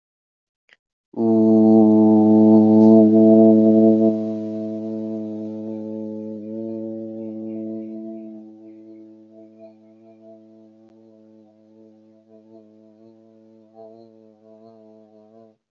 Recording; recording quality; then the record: sustained vowel as in boot; excellent, no background noise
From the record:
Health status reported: healthy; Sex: male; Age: 26 years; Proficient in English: yes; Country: India